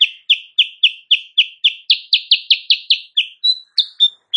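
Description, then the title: Sooty-headed bulbul song: crisp, evenly spaced notes repeated about four times a second, ending in a few higher whistled notes. Recorded in the morning; bird singing energetically (gacor); used as a master recording for training songbirds, meant to provoke other birds to answer. "Masteran Kutilang Sutra. Kutilang Sutra GACOR pagi hari bikin lawannya AUTO NYAUT"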